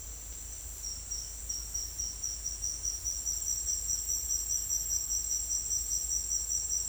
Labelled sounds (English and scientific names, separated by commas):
none